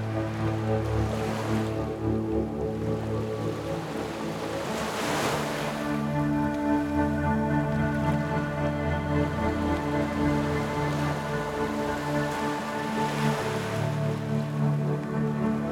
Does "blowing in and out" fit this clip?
no